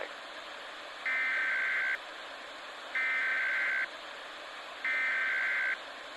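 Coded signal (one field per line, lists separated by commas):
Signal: Emergency Alert System (SAME) tones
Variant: header bursts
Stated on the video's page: Fictional scenario imagining a real missile alert, not an actual broadcast.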